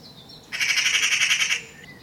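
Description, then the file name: Eurasian magpie chattering: one loud, harsh rattle of rapid pulses lasting about a second, with faint whistles from other birds before and after. "Pica pica"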